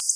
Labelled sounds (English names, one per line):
Black-throated Blue Warbler flight call